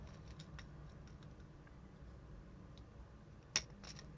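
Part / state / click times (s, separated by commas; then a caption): split ring onto fishing lure eye / seated / 3.6 s. A metal split ring carrying a hook is worked little by little onto the eye of a plastic jerkbait lure, with faint scratchy clicking of the metal under a low steady hum. A sharp, bright snap at 3.6 seconds marks the ring seating on the lure eye, and a few soft ticks follow.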